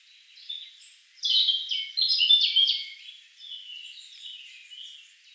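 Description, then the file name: European robin song, high sweet warbled phrases with quick tinkling notes and thin drawn-out whistles, loudest in the middle, over a soft background hiss. "Erithacus rubecula"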